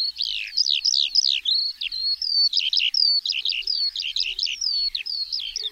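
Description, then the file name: Eurasian skylark song, a rapid, unbroken warble of high chirps, buzzy trills and short whistled slides. "SKOWRONEK"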